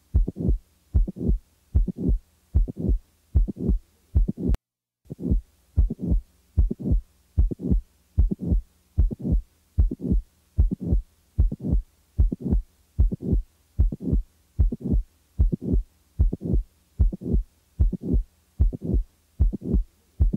Late systolic murmur with mid systolic click.